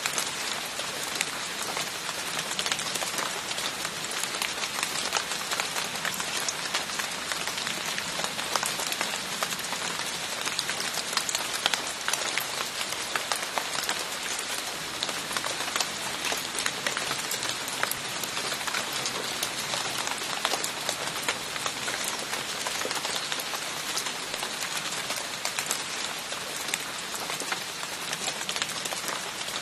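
Raindrops fall from a tree after rain, pattering onto the ground in a dense, steady stream of fine, bright ticks. The level stays even for the whole half minute, crisp, with only a faint low murmur underneath.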